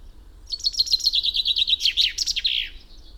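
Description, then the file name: Common chaffinch delivering one complete song, a quick falling series of chipped notes that runs into an ending flourish. "Fringilla coelebs"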